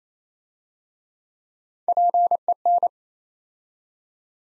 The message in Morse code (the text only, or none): PEN